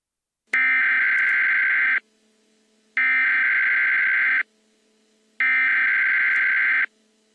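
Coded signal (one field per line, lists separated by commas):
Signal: Emergency Alert System (SAME) tones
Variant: header bursts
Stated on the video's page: Fictional simulated EAS riot scenario.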